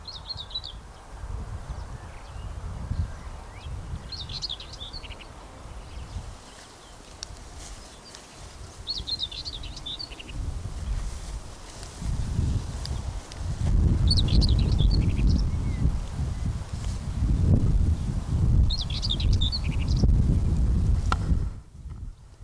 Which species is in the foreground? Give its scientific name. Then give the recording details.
Sylvia communis. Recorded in the wild. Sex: male. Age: adult. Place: Blankenfelde, Berlin, DE. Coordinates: 52.645, 13.395. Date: 1992-05-28 11:15. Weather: sonnig, 20-24 °C, böiger Ost-Wind. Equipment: Nagra SN, Mikrofon AKG CK 8, Kopie Tesla B 116. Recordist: Tembrock, Günter. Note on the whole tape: NSG Köppchensee; Gesang (ca. 10 Strophen)